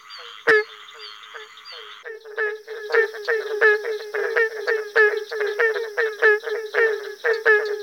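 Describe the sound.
Barking tree frog giving many hollow, nasal barking notes in quick succession, with a single sharp click early on.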